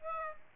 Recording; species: mosquito wingbeat signal from an infrared sensor; Aedes aegypti